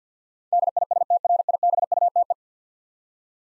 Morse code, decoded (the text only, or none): DISTRIBUTE